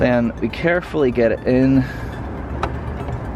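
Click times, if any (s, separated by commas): 2.6 s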